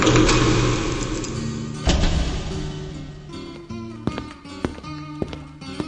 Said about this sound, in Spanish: se entornó una puerta.